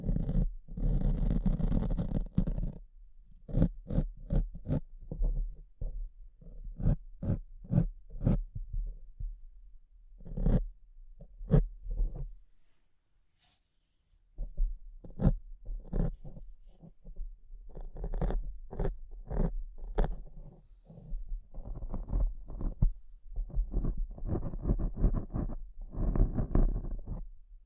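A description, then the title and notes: Mic scratching in quick bursts: rough scraping strokes and short zipper-like rasps, heavy in the low end with a constant deep hum underneath. A dense run opens, sharp separate strokes follow, a brief lull near 13 seconds, then thick scratching with faint high whistles. ASMR Brain Melting Mic Scratching (No Talking).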